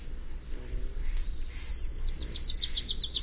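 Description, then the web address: Wilson's warbler song starting late: a quick series of bright chips growing louder, over a steady low rumble. "Songs of Birds of North America Know Your Bird Sounds Common Western Species. Wilsons Warbler"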